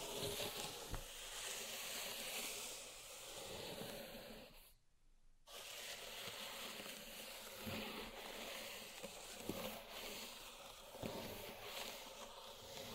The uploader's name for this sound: Pink Salt Zen Garden Triggers